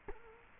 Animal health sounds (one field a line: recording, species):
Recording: mosquito wingbeat signal from an infrared sensor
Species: Culex quinquefasciatus